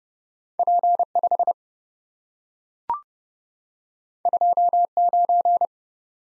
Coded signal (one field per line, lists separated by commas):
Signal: Morse code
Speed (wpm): 30 wpm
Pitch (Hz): 700 Hz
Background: none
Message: P5 29